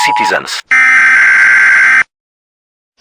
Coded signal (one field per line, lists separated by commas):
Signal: Emergency Alert System (SAME) tones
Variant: header bursts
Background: speech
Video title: EAS SCENARIO-THE INFECTED